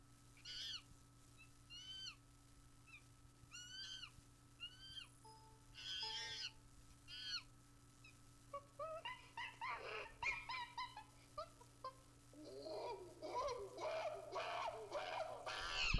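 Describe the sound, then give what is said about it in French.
Monkey cries, starting as a series of short, high, rising hoots and chirps, then building into a louder, denser burst of overlapping shrieks and chatter. “Là, c'est juste le bruit du singe en tant que tel.”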